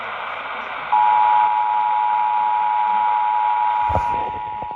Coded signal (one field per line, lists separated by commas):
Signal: Emergency Alert System (SAME) tones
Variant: 853 and 960 Hz attention tone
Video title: Return of the EAS Count…EAS Alerts From March 7-8, 2024 (NEW EAS #1-39)